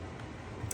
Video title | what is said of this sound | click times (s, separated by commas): iRobot Roomba Authentic Replacement Brushes Overview #amazonfinds #cleaning #simplelife | And then this piece here snaps right in place | 0.7 s